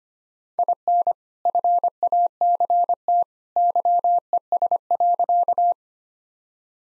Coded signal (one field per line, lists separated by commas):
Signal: Morse code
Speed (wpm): 25 wpm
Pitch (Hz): 700 Hz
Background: none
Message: IN FACT YES.